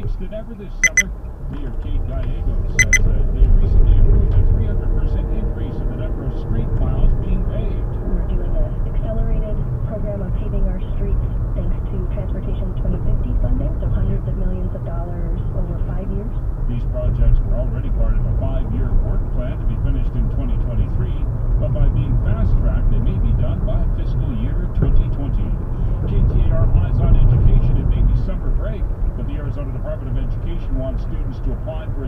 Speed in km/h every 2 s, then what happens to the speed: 11, 32, 47, 56, 61, 63, 61, 61, 61, 63, 66, 68, 68, 68, 68, 68.
0-7 speeds up to 61. 7-17 steady at about 61. 17-21 speeds up to 68. 21-32 steady at about 68.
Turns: none.